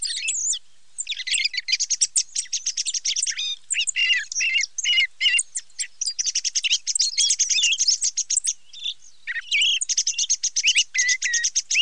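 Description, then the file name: Thrush song, a fast, continuous run of varied chirps, trills and slurred whistles between high and mid pitch, with only brief pauses throughout. "TORDO"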